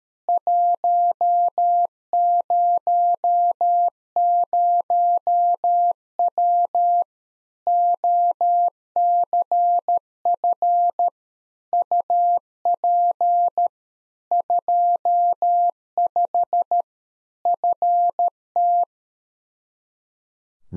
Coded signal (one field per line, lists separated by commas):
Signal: Morse code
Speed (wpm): 13 wpm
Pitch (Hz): 700 Hz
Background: none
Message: 100W OCF UP 25 FT